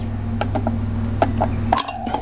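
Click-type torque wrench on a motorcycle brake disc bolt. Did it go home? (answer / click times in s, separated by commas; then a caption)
no / none. A click-type torque wrench set to 22 Nm is used on a brake disc bolt of a Mash Fifty motorcycle to find the bolt's breakout torque. Only a few short metallic ticks and clinks are heard over a steady low hum. The bolt turns before the wrench reaches its setting, so the wrench has not clicked.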